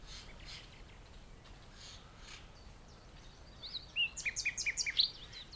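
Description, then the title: Common nightingale song: after quiet background, a sudden burst of loud rhythmic repeated notes and chirps. Singing in the dunes of The Hague, morning of 12 May 2021, during a lockdown walk. "Nightingale and joggers in the dunes (The Hague, May 12th 2021)"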